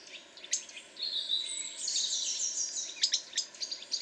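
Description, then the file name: European robin song with a long, thin, wavering high whistle flanked by quick ticks and sharp twittering notes, over a soft background hiss. "Erithacus rubecula"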